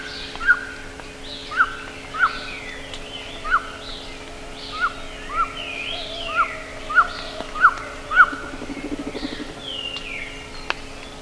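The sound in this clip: Bird calls: crisp single chip notes repeated at loose intervals, with softer descending whistles behind and a brief low buzzing rattle near the end.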